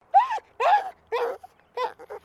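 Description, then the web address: Maltese terrier dog: maltese terrier whining, four short nasal whimpers with bending pitch, the last breaking into quick stuttered yelps. Small dog in distressed state. "Sound Effects-Foundation 2 DOG MALTESE TERRIER DISTRESSED WHINE"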